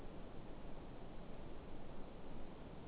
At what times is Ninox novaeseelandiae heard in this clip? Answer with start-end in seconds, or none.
none